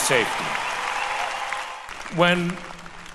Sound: applause for firefighters